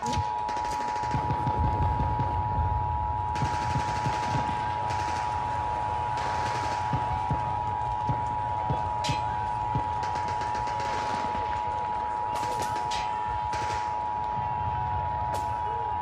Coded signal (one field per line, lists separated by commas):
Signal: Emergency Alert System (SAME) tones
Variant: 853 and 960 Hz attention tone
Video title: EAS Scenario - What If? (1983)